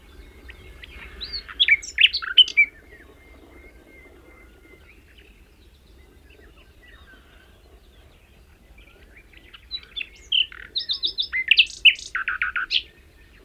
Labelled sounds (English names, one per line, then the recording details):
Common Nightingale song
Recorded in the wild
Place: Dumbraveni, Transilvania, RO
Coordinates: 46.23, 24.575
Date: 1973-05-01 06:15
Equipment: Nagra III BH, Sennheiser MD 21, parabola
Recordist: Schubert, Michael